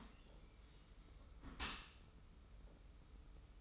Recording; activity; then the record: daily activity, microphone in the room; close dishwasher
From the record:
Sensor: 1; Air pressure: 991.3 hPa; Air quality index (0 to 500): 122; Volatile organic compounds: 233 ppm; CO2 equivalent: 4315 ppm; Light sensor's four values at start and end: 40/125/49/51 and 40/125/49/51